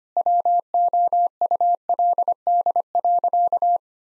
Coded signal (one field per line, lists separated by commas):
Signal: Morse code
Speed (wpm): 25 wpm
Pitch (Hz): 700 Hz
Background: none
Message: WOULD.